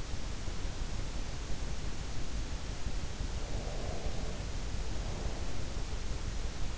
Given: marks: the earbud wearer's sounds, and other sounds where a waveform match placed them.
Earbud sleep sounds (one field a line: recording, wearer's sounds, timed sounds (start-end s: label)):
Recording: sounds in sleep by an in-ear microphone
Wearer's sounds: breath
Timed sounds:
3.39-5.58 s: breath